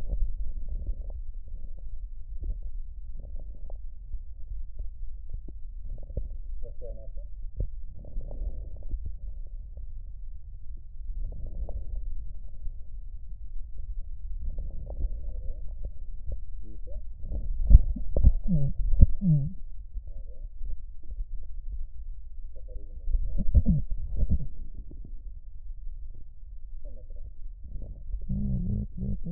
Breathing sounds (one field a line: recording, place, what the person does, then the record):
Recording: lung sounds by stethoscope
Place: right posterior basal chest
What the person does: quiet breathing, then cough and speech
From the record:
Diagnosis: COPD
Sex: female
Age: 72 years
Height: 156 cm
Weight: 72 kg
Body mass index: 29.6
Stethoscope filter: extended mode